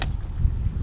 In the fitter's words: You pop these tabs